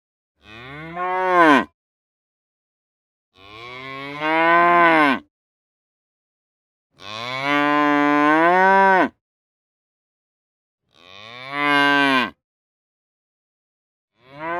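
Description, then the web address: Cow giving loud drawn-out moos, about one every three to four seconds, each with a deep start that swells and falls, silence between. "The Sound Pack Tree - The Nature Pack. cow moos"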